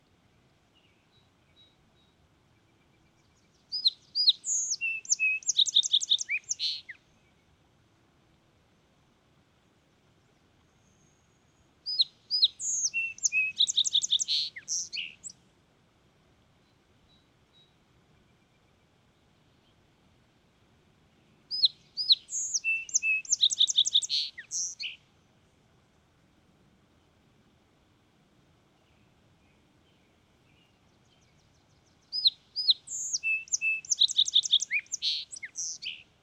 Song Sparrow song recorded at Hollowell Park in Rocky Mountain National Park.